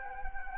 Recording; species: mosquito wingbeat signal from an infrared sensor; Anopheles gambiae